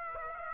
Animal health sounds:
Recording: mosquito wingbeat signal from an infrared sensor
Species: Aedes aegypti

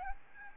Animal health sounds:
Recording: mosquito wingbeat signal from an infrared sensor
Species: Aedes albopictus

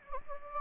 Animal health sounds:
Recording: mosquito wingbeat signal from an infrared sensor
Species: Anopheles gambiae

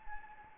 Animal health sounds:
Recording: mosquito wingbeat signal from an infrared sensor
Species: Anopheles gambiae

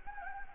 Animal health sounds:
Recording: mosquito wingbeat signal from an infrared sensor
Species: Anopheles gambiae

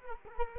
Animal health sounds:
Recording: mosquito wingbeat signal from an infrared sensor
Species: Culex quinquefasciatus

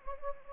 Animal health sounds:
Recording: mosquito wingbeat signal from an infrared sensor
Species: Anopheles gambiae

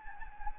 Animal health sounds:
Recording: mosquito wingbeat signal from an infrared sensor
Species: Anopheles gambiae

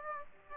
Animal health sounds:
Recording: mosquito wingbeat signal from an infrared sensor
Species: Aedes aegypti

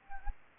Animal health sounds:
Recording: mosquito wingbeat signal from an infrared sensor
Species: Anopheles gambiae

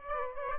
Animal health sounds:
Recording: mosquito wingbeat signal from an infrared sensor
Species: Aedes aegypti

